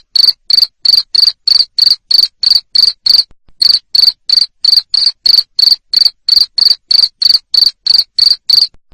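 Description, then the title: Cricket calling with sharp, high chirps about three per second, a steady train interrupted by one short pause. Loud cricket chirping, played to stimulate lovebirds to sing continuously. "Suara JANGKRIK NGERIK Keras Bikin LOVEBIRD Jadi NGEKEK Terus"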